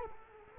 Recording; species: mosquito wingbeat signal from an infrared sensor; Culex quinquefasciatus